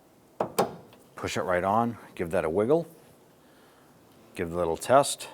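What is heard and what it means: The top socket of a trunk lift support (gas strut) on a 2005-2007 Ford Five Hundred is lined up and pushed onto the upper ball stud on the trunk lid. Two sharp snaps come at 0.4 s and 0.6 s as it seats, and then someone talks. The socket is wiggled to confirm it is seated.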